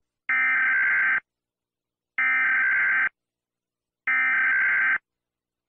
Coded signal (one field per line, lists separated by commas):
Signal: Emergency Alert System (SAME) tones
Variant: header bursts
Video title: EAS Scenario: End of the Universe